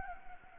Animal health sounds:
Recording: mosquito wingbeat signal from an infrared sensor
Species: Anopheles gambiae

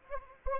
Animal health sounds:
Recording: mosquito wingbeat signal from an infrared sensor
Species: Anopheles arabiensis

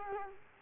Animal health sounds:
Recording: mosquito wingbeat signal from an infrared sensor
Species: Culex quinquefasciatus

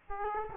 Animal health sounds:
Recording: mosquito wingbeat signal from an infrared sensor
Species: Culex quinquefasciatus

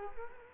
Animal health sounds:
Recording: mosquito wingbeat signal from an infrared sensor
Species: Culex quinquefasciatus

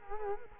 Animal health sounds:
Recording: mosquito wingbeat signal from an infrared sensor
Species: Culex quinquefasciatus

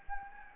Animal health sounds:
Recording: mosquito wingbeat signal from an infrared sensor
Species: Anopheles gambiae

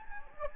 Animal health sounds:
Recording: mosquito wingbeat signal from an infrared sensor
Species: Anopheles gambiae

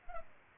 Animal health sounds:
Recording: mosquito wingbeat signal from an infrared sensor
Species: Culex pipiens

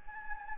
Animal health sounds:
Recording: mosquito wingbeat signal from an infrared sensor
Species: Anopheles gambiae

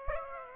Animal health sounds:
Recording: mosquito wingbeat signal from an infrared sensor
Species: Aedes aegypti

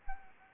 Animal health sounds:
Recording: mosquito wingbeat signal from an infrared sensor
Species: Anopheles arabiensis

